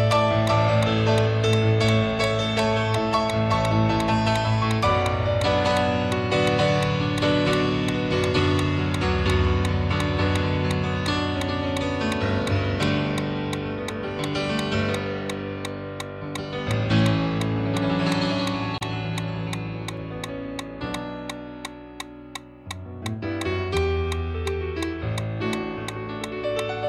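A metronome ticks at a fast, perfectly even running cadence, about 170 beats per minute, sharp clicks throughout. Beneath it a dense bed of music with sustained low and mid tones plays continuously, thinning briefly around 22 seconds before returning.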